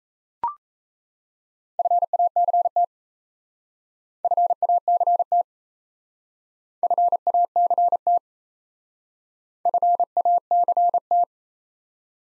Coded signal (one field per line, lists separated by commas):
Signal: Morse code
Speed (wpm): 36 wpm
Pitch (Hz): 700 Hz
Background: none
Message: FACT FACT FACT FACT